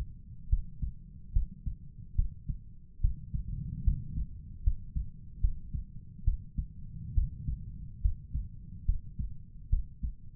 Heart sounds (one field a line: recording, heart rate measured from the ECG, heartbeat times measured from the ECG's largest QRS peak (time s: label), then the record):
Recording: heart sounds by stethoscope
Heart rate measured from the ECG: 72 bpm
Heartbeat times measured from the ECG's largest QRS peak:
0.49 s: heartbeat
1.32 s: heartbeat
2.15 s: heartbeat
3.01 s: heartbeat
3.84 s: heartbeat
4.63 s: heartbeat
5.40 s: heartbeat
6.24 s: heartbeat
7.14 s: heartbeat
8.01 s: heartbeat
8.85 s: heartbeat
9.69 s: heartbeat
From the record:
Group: healthy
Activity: rest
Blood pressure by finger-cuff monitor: 124/79 mmHg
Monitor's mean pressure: 98 mmHg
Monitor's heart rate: 71 bpm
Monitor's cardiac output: 5.6 L/min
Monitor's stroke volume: 79 mL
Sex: male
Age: 35 years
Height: 178 cm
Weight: 64 kg